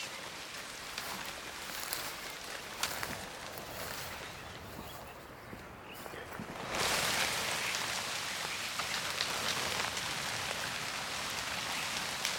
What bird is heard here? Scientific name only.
Sturnus vulgaris